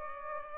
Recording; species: mosquito wingbeat signal from an infrared sensor; Culex pipiens